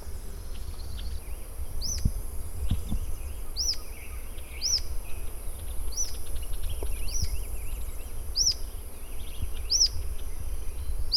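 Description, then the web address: Rough-legged tyrannulet repeating a high, thin, arched whistle every second or so, over low background rumble. "sound Rough-legged-tyrannulet. صدای-پرنده-ژیانمرغک-پازبر"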